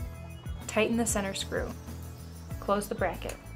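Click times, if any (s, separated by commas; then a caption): none. A platen roller is handled near its mount in the frame of a Zebra ZE500 print engine during a drive belt replacement, while someone talks over background music. The roller has not yet been pressed home, and nothing has seated or clicked yet.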